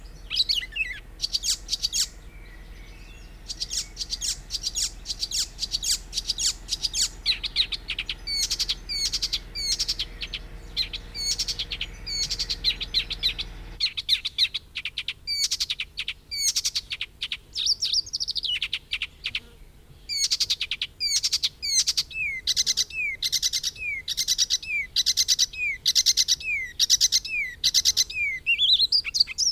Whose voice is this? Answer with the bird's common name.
Icterine Warbler